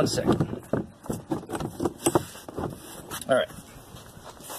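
Someone talks while a hard kayak seat frame tube, part of an Ascend seat modification on a Hobie Outback, is handled and pressed toward mounted rubber quick-release clamps. A series of short knocks and taps is heard. Nothing has seated or clicked into the clamps yet.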